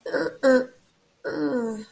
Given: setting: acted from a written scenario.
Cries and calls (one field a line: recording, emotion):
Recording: vocal sound without words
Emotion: disgust